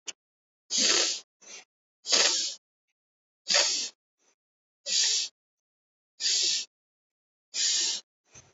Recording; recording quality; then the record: shallow breathing; excellent, no background noise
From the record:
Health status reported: healthy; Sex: male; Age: 55 years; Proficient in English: yes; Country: India